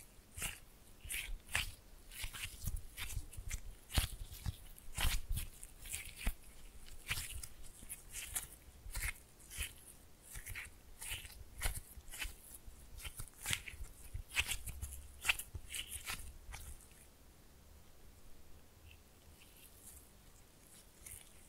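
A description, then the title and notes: Slime being squished and pulled makes dense, irregular wet pops and clicks for about seventeen seconds, then fades to a quiet hiss. ASMR Fun with Slime No Talking.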